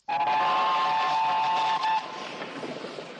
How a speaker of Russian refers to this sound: По узкоколейной железной дороге проезжает паровоз с двумя вагонами.